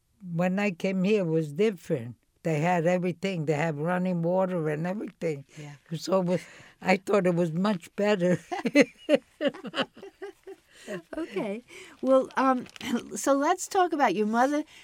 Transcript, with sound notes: when I came here it was different, they had everything, they had running water and everything, so I thought it was much better. (laughs)
Okay. Well, so let's talk about your mother.